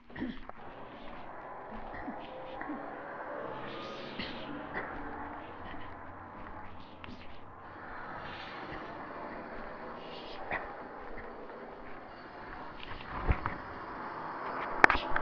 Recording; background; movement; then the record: throat clearing; traffic; walking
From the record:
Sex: female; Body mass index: 25.5 kg/m2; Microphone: on the chest, facing the body